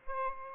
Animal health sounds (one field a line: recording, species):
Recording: mosquito wingbeat signal from an infrared sensor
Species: Aedes albopictus